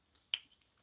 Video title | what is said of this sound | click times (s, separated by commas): Masters of the Universe Origins RIO BLAST Figure Review! | and of course it closes all the way and snaps into place | 0.3 s